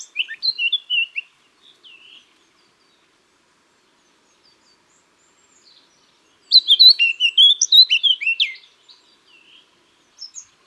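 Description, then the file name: Eurasian blackcap song: a short warbled phrase, a long pause, then a loud rich burst of fluty whistled notes. "Sylvia atricapilla"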